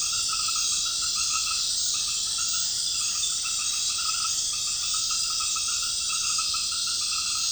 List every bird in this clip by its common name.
none